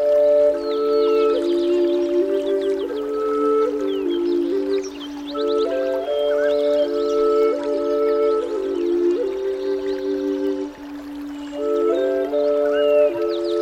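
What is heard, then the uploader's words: Gentle birds chirp in quick, scattered calls above a steady low drone and a slow, stepping melody of sustained tones that repeats throughout. Relaxing Music - Flute, Gentle Birds and Rainforest Sound.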